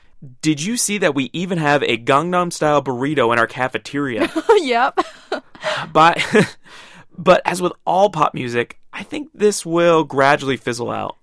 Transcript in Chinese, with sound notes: Did you see that we even have a Gangnam style burrito in our cafeteria? (两人笑) But as with all the pop music, I think it will gradually fizzle out.